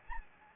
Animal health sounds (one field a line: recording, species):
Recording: mosquito wingbeat signal from an infrared sensor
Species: Anopheles gambiae